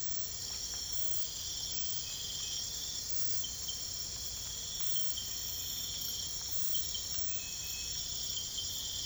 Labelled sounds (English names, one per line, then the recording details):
none
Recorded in pastures near Puerto Asís, Putumayo, Colombia, on 22 December 2024 at 04:00
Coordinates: 0.472, -76.329
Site G072